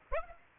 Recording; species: mosquito wingbeat signal from an infrared sensor; Aedes aegypti